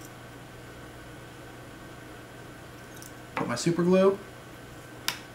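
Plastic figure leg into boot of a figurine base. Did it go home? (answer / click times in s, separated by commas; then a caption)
yes / 5.1 s. A glued plastic figure leg is pushed down into its plastic boot on a figurine base, the super glue already drying. After a quiet stretch, someone talks from about 3.4 to 4.1 seconds. A small sharp click comes at 5.1 seconds as the leg seats in the boot.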